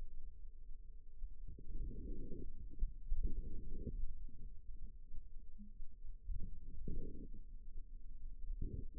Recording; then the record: forearm muscle sounds (acoustic myography)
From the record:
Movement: outward rotation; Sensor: system 2, bracelet of six BSWA MPA416 microphones around the upper forearm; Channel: 4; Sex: female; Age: 22 years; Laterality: right